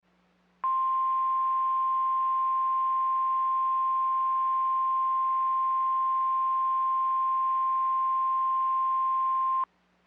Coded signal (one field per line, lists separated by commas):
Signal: Emergency Alert System (SAME) tones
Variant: 1050 Hz attention tone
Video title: NOAA Weather Radio - Special Marine Warning [EAS #247] (7/18/22)